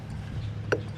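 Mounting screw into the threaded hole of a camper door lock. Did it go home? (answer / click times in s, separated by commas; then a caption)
yes / 0.7 s. A mounting screw is turned counterclockwise in the threaded hole of a new one-key lock mechanism on a camper door handle, over a steady low hum. At 0.7 s a single sharp click sounds as the screw threads line up and drop into the lock threads. The screw is seated in the threads and ready to be turned in.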